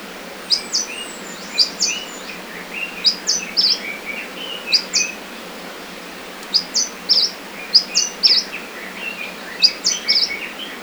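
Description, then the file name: Claudia's leaf warbler calling: repeated short bursts of two or three thin, high, sharp notes, with lower twittering notes beneath and a constant faint hiss. Call, at Hupingshan, Hunan, China, on 2 July 2012. "Claudia Leaf Warbler Call Hunan Hu Ping Shan 20120702"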